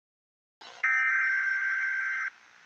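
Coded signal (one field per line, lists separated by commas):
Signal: Emergency Alert System (SAME) tones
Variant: header bursts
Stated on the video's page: Fictional EAS scenario, not a real alert.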